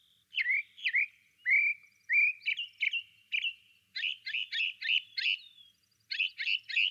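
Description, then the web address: Desert mockingbird song of slurred whistled notes followed by a steady run of repeated chirping syllables. Solo singer. "desert mockingbird solo"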